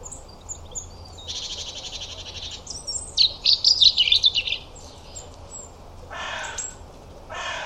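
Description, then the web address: European robin singing high, varied phrases: thin whistles, a buzzy stretch, then bright tumbling notes, followed by short rasping bursts near the end. "Deverinetal 2025 File origin Bird Only Er Ru"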